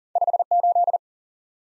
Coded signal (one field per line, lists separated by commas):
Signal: Morse code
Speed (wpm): 53 wpm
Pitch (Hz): 700 Hz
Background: none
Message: 5 8